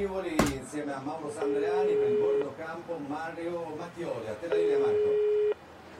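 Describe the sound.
A sharp click, then a steady low telephone ringing tone of a call to a phone number in Austria, an engineering office in Innsbruck, sounds twice, each beep about a second long with a pause between, while people talk over it on speakerphone.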